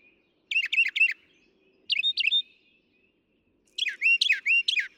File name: Northern Mockingbird